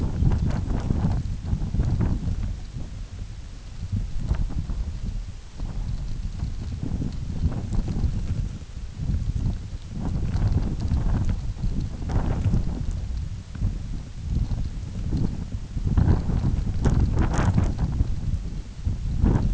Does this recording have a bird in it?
no